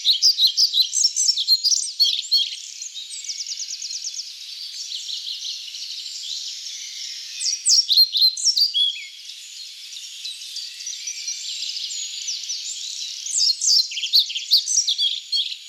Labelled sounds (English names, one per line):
European Pied Flycatcher song